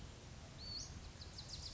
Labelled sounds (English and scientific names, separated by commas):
Western Flycatcher (Empidonax difficilis)